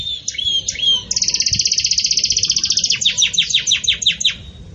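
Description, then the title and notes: Belgian canary giving short whistles followed by an extended rapid trill and a string of descending chirps, several per second. Pure Belgian canary song in the "campainha" style, with pauses, made for training birds. "Canto Canário Belga Campainha Puro Com Pausa Para Treinamento. CANARIO BELGA"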